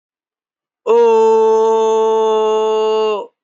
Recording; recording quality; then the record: sustained vowel as in boot; excellent, no background noise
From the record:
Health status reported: healthy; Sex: male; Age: 23 years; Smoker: yes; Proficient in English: yes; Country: India